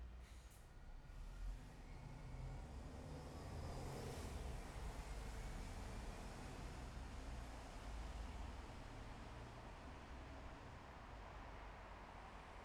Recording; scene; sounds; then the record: everyday scene through a hearing-aid microphone; in traffic; traffic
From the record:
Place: bus stop on a city main road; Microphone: behind the ear, left, rear